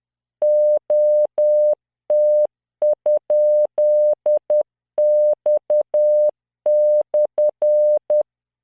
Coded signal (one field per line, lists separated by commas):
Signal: Morse code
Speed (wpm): 10 wpm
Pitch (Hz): 600 Hz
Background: none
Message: OT?X/